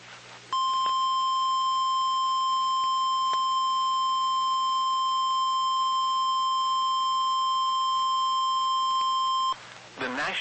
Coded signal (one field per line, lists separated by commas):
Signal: Emergency Alert System (SAME) tones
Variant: 1050 Hz attention tone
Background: speech